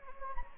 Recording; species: mosquito wingbeat signal from an infrared sensor; Anopheles gambiae